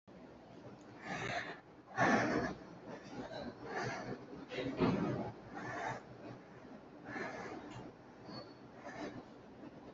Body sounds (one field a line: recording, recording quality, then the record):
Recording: deep breathing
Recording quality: excellent, no background noise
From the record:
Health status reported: healthy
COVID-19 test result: negative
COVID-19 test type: RT-PCR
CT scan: not taken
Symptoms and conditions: none ticked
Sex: female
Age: 22 years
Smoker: no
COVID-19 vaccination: both doses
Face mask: worn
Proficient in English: yes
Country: India